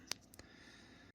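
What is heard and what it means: Pressing the side screw or button on a GRG Fieldsport metal flip-up rear peep sight on a rifle sight base releases the latch, and the aperture springs up with a sharp, bright click at 0.1 s. Two fainter ticks follow around 0.3 and 0.4 s over a quiet background, and a louder, low, rumbling burst of noise begins near the end. The latch releases and the sight flips up.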